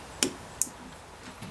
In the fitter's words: you're a little snap